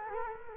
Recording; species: mosquito wingbeat signal from an infrared sensor; Culex quinquefasciatus